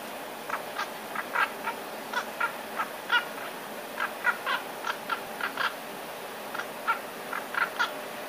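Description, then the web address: Eurasian jay alarm call: a long irregular run of short, harsh, grating notes over eight seconds, over faint steady hiss. Alarm call, 13 February 2019. "wroblowe ostrzegator sojka 13 02 2019"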